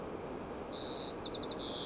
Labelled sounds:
White-crowned Sparrow (Zonotrichia leucophrys)
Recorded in Sonoma County, California

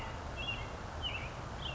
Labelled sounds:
Western Tanager (Piranga ludoviciana)
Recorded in Sonoma County, California

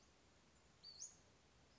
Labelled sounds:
Western Flycatcher (Empidonax difficilis)
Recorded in Sonoma County, California

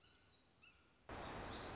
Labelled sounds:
Black-throated Gray Warbler (Setophaga nigrescens)
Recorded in Sonoma County, California

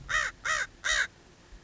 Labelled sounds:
American Crow (Corvus brachyrhynchos)
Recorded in Sonoma County, California

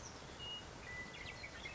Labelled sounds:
Western Meadowlark (Sturnella neglecta)
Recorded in Sonoma County, California

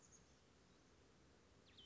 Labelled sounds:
Chestnut-backed Chickadee (Poecile rufescens)
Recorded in Sonoma County, California

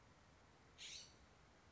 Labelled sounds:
California Scrub-Jay (Aphelocoma californica)
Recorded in Sonoma County, California

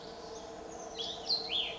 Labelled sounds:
Cassin's Vireo (Vireo cassinii)
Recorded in Sonoma County, California

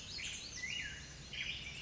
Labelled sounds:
Black-headed Grosbeak (Pheucticus melanocephalus)
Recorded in Sonoma County, California

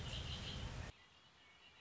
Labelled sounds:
Red-winged Blackbird (Agelaius phoeniceus)
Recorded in Sonoma County, California

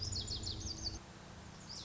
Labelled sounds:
Lazuli Bunting (Passerina amoena)
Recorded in Sonoma County, California

